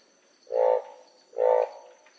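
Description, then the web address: Frog giving two short croaks about a second apart against a faint, steady high-pitched background hum. "animal-sound frog-sound"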